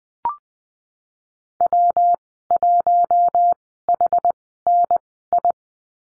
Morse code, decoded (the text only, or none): W1HNI